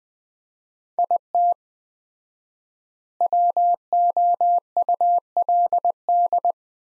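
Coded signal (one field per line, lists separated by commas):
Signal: Morse code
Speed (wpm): 20 wpm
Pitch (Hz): 700 Hz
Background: none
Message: IT WOULD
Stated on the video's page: Morse practice sentences from the top 300 words at 20 wpm with 4x word spacing, a Farnsworth-like approach.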